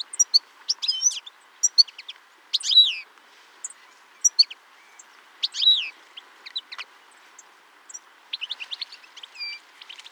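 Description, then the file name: European goldfinch calls, bright tinkling twitters and buzzy notes in irregular bursts, with a quiet steady hiss in the background. "Carduelis carduelis"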